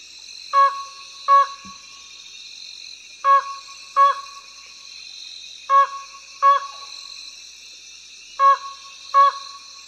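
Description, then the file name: Slaty-legged crake calling in evenly spaced pairs of short, hard notes, four pairs, against a continuous shrill insect hum. "灰腳秧雞"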